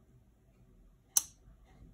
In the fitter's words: rastet sauber ein.